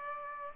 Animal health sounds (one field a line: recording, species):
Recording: mosquito wingbeat signal from an infrared sensor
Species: Aedes aegypti